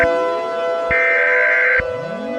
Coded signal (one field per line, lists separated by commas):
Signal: Emergency Alert System (SAME) tones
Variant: header bursts